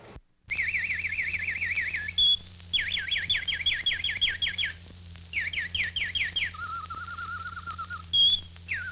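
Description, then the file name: Bird song of fast wavering whistles, quick repeated downslurs and a lower trill, with two sharp high notes and a continuous low hum. "G 21-04-Whistling Birds"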